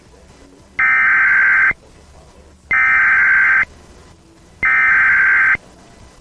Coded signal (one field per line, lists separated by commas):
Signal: Emergency Alert System (SAME) tones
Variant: header bursts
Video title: MY FIRST CEM| EAS #30| Civil Emergency Message| WAHC-PGH